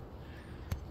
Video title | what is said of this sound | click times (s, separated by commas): Part 2 of 3 EGO Nexus Solar Panel Charger CH1800 Review EGO Solar | is now connected i heard it click too you want to make sure of that | 0.7 s